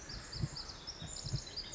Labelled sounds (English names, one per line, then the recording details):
Pacific Wren
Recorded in Sonoma County, California